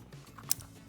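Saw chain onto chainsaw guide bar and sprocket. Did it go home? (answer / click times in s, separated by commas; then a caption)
no / none. A metal saw chain is fitted around the guide bar and sprocket of a Husqvarna 125 chainsaw after the bar is pulled, and soft handling sounds and light metallic ticks are heard, the sharpest at about 0.5 s. The chain fails to seat properly on the bar and must be refitted, so nothing has seated or clicked yet.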